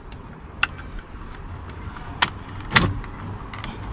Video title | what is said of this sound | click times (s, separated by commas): Volkswagen Golf (Mk5) steering wheel upgrade | that's the module clicked in place | 0.6 s